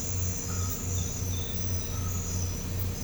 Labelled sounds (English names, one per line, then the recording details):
none
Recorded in pastures near Puerto Asís, Putumayo, Colombia, on 21 December 2024 at 02:00
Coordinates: 0.505, -76.324
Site G063